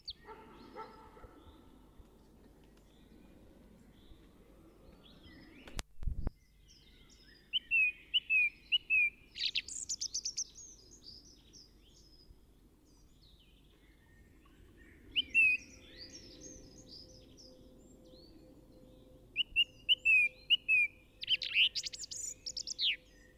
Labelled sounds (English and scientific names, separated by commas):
Song Thrush (Turdus philomelos) song